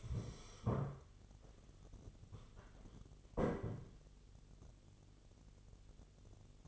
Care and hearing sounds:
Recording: daily activity, microphone in the room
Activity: stand up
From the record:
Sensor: 4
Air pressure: 1016.1 hPa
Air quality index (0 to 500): 190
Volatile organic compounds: 9 ppm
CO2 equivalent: 2167 ppm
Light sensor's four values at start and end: 9/20/8/7 and 9/19/8/7

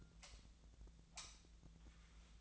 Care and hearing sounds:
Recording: daily activity, microphone in the room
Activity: light off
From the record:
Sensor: 3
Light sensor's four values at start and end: 44/116/49/50 and 37/93/40/42

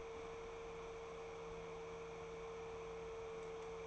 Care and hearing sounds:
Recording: daily activity, microphone in the room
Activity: open fridge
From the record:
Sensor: 1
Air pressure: 1015.0 hPa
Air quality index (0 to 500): 193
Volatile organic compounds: 21 ppm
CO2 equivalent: 2736 ppm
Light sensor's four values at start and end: 11/26/10/11 and 10/26/10/11

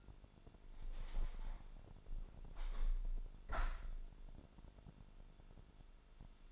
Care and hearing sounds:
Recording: daily activity, microphone in the room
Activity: open window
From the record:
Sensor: 5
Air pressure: 1006.6 hPa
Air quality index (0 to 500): 194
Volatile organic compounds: 6 ppm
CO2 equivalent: 1848 ppm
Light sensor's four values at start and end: 57/161/63/63 and 57/161/62/63

